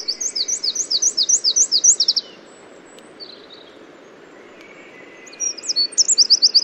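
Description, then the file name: Eurasian wren delivering a fast run of high, sharp notes for about two seconds, falling quiet, then starting another rapid high series; steady background hiss. "Troglodytes troglodytes"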